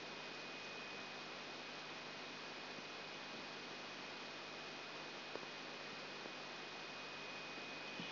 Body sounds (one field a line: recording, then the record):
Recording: brain microelectrode recording played as sound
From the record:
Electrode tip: outside the subthalamic nucleus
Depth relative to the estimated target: -4 mm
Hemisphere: right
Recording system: AlphaMap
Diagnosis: Parkinson's disease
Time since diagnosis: 8 years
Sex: female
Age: 37 years